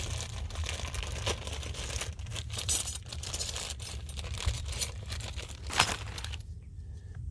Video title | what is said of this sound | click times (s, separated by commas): 2008 Jeep Commander front brake pad replacement. Brake repair near Goshen Ohio | Got our new hardware. These just snap right in back into place. | 5.8 s